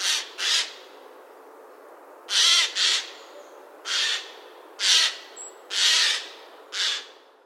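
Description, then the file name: Eurasian jay giving several loud, harsh raspy screeches at uneven intervals. "Garrulus glandarius"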